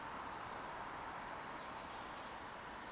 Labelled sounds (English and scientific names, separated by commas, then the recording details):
Eurasian Woodcock (Scolopax rusticola) whistle
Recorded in Baden-Württemberg, Germany, on 10 June 2021 at 19:43 UTC
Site 43323, 910 m above sea level